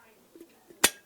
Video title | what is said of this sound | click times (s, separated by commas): In the Wild! Shopping Corningware Patterns & Revealing Marks & Values - Thrift with Me Dr. Lori | you hear the click has to click in it's in very good shape no condition issues here | 0.8 s